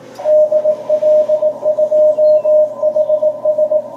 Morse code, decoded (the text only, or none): DL2HS